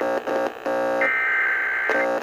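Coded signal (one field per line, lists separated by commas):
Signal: Emergency Alert System (SAME) tones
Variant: header bursts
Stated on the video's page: Fictional EAS scenario whose tones are stated to be valid.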